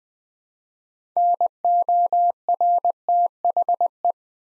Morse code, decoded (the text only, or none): NORTHE